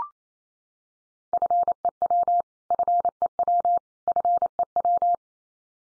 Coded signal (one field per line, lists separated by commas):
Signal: Morse code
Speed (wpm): 28 wpm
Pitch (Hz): 700 Hz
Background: none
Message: FEW FEW FEW